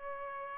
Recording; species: mosquito wingbeat signal from an infrared sensor; Aedes albopictus